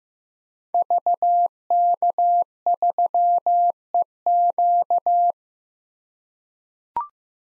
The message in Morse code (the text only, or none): VK3EQ